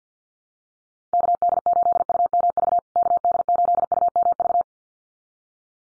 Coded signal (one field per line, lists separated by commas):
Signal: Morse code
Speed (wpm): 50 wpm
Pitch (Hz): 700 Hz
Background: none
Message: KD8UMV KD8UMV